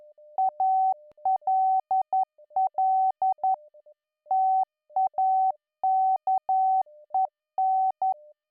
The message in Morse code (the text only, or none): ALL TAKEN